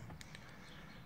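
The driver pushes the metal seat belt tongue into the buckle of a Ford F-150/250/350 pickup truck driver's seat to cycle the Belt Minder. Two sharp metallic clicks sound at 0.2 s and 0.4 s over a steady low hum, and the belt latches into the buckle.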